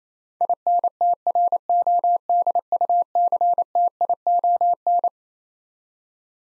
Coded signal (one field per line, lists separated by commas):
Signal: Morse code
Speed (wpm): 27 wpm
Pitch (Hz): 700 Hz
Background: none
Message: INTRODUCTION